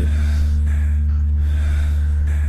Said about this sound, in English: Just breathing all over me, you fucking weirdo freak.